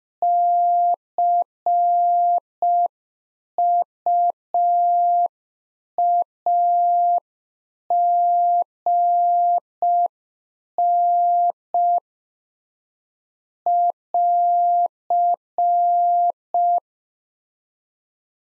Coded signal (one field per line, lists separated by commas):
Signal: Morse code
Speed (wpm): 5 wpm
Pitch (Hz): 700 Hz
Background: none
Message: CUAGN <AR>